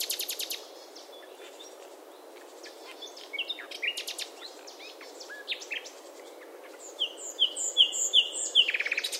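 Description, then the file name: Common nightingale song: a buzzy rattle, then varied sharp chirps and clicks, building to a loud phrase of quick repeated whistled notes and a final rattle. "Luscinia megarhynchos"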